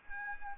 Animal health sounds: mosquito wingbeat signal from an infrared sensor; Aedes albopictus

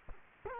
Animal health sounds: mosquito wingbeat signal from an infrared sensor; Culex quinquefasciatus

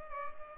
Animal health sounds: mosquito wingbeat signal from an infrared sensor; Culex pipiens

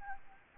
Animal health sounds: mosquito wingbeat signal from an infrared sensor; Anopheles gambiae

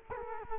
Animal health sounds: mosquito wingbeat signal from an infrared sensor; Culex quinquefasciatus

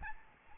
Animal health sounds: mosquito wingbeat signal from an infrared sensor; Aedes albopictus

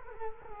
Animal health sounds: mosquito wingbeat signal from an infrared sensor; Culex quinquefasciatus

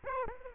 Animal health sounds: mosquito wingbeat signal from an infrared sensor; Aedes aegypti

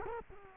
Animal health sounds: mosquito wingbeat signal from an infrared sensor; Culex quinquefasciatus

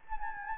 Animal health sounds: mosquito wingbeat signal from an infrared sensor; Anopheles gambiae

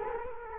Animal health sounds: mosquito wingbeat signal from an infrared sensor; Culex quinquefasciatus

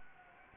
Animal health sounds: mosquito wingbeat signal from an infrared sensor; Anopheles gambiae

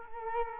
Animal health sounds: mosquito wingbeat signal from an infrared sensor; Culex quinquefasciatus

